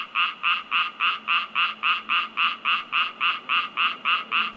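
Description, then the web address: Frog giving a steady run of short, raspy croaks, about three and a half per second and very regular, over a faint low hum. Frog in an unused swimming pool. "animal frog unused swimming pool"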